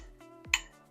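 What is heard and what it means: A metal retaining clip on a 1977 pickup truck part is pressed home with long needle-nose pliers, with faint handling sounds at 0.2 s and 0.5 s over a steady tonal background. A loud, sharp metallic click at 0.5 s rings briefly and fades, and the clip is seated, snapped into place.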